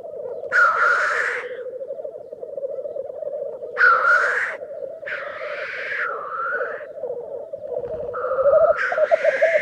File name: Digiffects Sound Effects Library - Black Grouse Bird